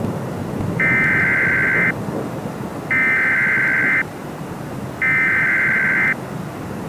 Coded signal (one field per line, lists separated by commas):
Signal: Emergency Alert System (SAME) tones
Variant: header bursts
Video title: EAS Scenario #4: World War III: The Alaskan Files (Part 4)